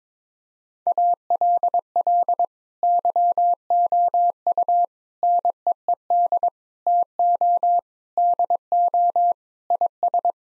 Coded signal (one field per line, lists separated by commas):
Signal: Morse code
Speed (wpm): 22 wpm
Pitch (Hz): 700 Hz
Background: none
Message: ALL YOU NEED TO DO IS